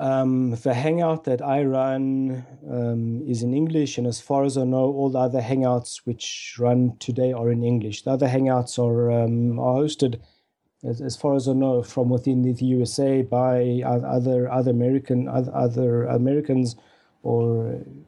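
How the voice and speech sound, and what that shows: Adult man, an electronics engineer from Israel who grew up in South Africa and has stuttered most of his life, speaking in conversation with stretched sounds, fillers and repeated words: mild stuttering disfluencies.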